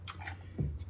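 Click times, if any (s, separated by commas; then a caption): 0.1 s. The new motor head of a motorised MA1 diverter valve for a heating and hot water system is pushed onto the valve body and clicks into place with a sharp click at 0.1 s, followed by a softer tick at 0.3 s. A steady low hum runs underneath, with a dull low thump near 0.6 s, and the head ends up seated on the valve.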